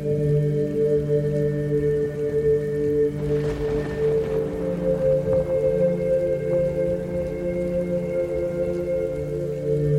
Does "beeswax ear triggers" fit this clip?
no